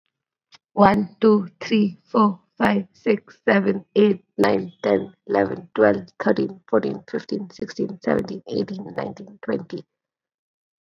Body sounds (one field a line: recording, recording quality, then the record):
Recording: counting at a fast pace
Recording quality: excellent, no background noise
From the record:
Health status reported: COVID-19 positive, mild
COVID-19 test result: positive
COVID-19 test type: RT-PCR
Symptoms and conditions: cough, cold, sore throat, muscle pain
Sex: female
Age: 26 years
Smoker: yes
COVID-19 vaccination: both doses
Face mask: not worn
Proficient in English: yes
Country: India